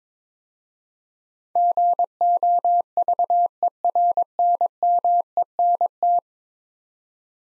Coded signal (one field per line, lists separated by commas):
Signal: Morse code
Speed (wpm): 22 wpm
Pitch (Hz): 700 Hz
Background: none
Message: GOVERNMENT